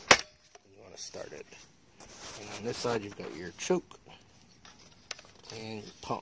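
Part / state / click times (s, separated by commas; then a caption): chain brake lever on a chainsaw / seated / 0.1 s. The chain brake lever on a new Echo CS 310 14" chainsaw is engaged and locks into place with a sharp, loud snap at 0.1 s. Someone then talks, with a few faint clicks in the background.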